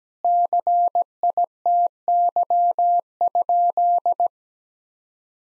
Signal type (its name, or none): Morse code